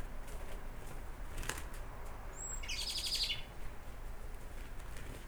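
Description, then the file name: Eurasian blackbird calling with a thin, high, slightly falling whistle followed by a short rapid series of clipped notes, over steady background noise and occasional knocks. "Turdus merula"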